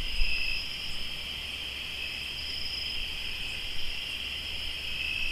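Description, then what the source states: Cricket chorus of continuous high trills, two stable tone bands, accompanied by a low hum and a few soft bumps. Crickets recorded in Tlayacapan, Morelos.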